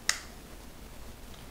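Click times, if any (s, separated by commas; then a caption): 0.1 s. A plastic lens adapter is slid onto the mounting rail of an iPhone 4 case, and its locking lever snaps into place with one sharp, bright click at 0.1 s. Only faint background noise follows, and the adapter is locked on the rail.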